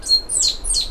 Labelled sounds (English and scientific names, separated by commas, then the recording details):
Stitchbird (Notiomystis cincta) song
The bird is a male
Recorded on Tiritiri Matangi Island, New Zealand, in 2005
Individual 10, of nest box 12